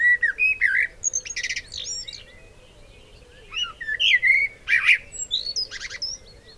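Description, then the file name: Eurasian blackbird song with short mellow whistles alternating with bursts of high, scratchy twittering notes in quick succession. "Turdus merula"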